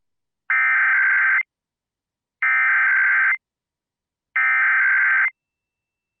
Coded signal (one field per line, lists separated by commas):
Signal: Emergency Alert System (SAME) tones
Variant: header bursts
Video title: Illinois Statewide Emergency Alert System Tests (February 1st, 2022)